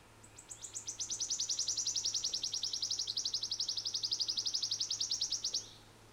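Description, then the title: Wood Warbler song: a high trill that starts with spaced ticking notes, quickens into a rapid shivering run, then stops sharply; a faint low hum runs underneath. "Sirittäjä"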